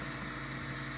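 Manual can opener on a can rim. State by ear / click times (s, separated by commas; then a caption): not seated / none. A smooth-edge manual can opener is being handled on the rim of a metal pumpkin can, heard as a steady, even broadband hum with low tonal bands and no sharp transients. Nothing has clicked or seated yet.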